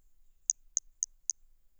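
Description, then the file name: Hermogenes' toadlet giving four high-pitched, clipped chirps in an even, quick series, each roughly a quarter-second apart, in otherwise near silence. Individual 03, recorded at Boraceia on 30 March 2019. "MHNCI Brachy hermogenesi ind 03 Boraceia 30 marco 2019 MRB"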